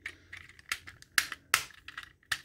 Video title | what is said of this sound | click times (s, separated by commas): Patriot Prime Reviews Earthrise Trailbreaker | once everything snaps into place there you have trail breaker in | 1.2 s, 1.5 s, 2.3 s